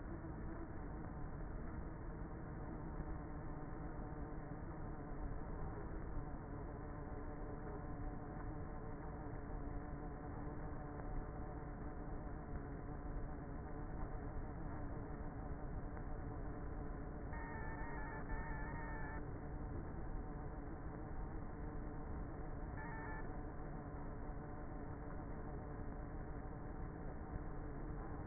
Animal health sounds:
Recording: honeybee colony, microphone inside the hive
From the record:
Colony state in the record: queenless with a low population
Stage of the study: before two queens were removed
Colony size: about 30,000 bees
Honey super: no

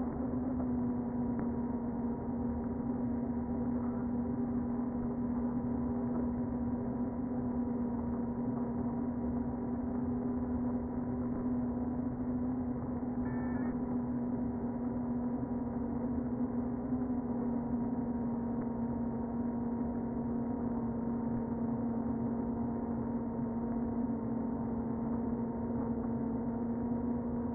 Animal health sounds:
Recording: honeybee colony, microphone inside the hive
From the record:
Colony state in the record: queen present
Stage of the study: before two queens were removed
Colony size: about 60,000 bees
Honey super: yes

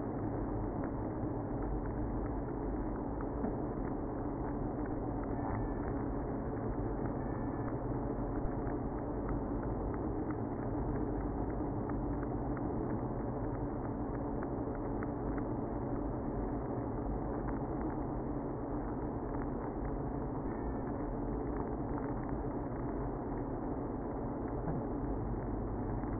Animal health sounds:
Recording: honeybee colony, microphone inside the hive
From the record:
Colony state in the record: queenless (queen removed)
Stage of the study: after two queens were removed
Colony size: about 60,000 bees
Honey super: yes

